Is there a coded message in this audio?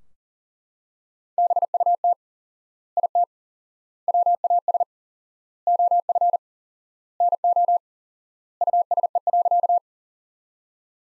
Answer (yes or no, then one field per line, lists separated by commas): yes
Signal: Morse code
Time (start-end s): 1.4-9.8 s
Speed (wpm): 40 wpm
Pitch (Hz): 700 Hz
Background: none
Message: BUT IT WAS OF NO USE.